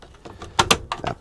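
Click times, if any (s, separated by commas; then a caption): 0.6 s, 0.7 s. A plastic water panel (distribution tray) assembly of an AprilAire whole-house humidifier is pushed into the humidifier housing. Two sharp snaps at 0.6 s and 0.7 s stand out over a few softer clicks and handling noises. The assembly snaps into place and is seated.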